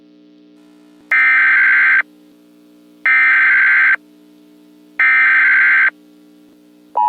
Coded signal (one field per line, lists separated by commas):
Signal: Emergency Alert System (SAME) tones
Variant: header bursts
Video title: Solar Strike: An EAS Mock